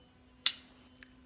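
A body-worn OmniPod insulin pod, used for cortisol pumping, fires its needle automatically after start is pressed to insert the soft cannula under the skin, then retracts the needle. A sharp, bright pop is heard at 0.5 s, followed by two faint small ticks around 1.0 s. Through the pod window, the cannula is confirmed inserted correctly.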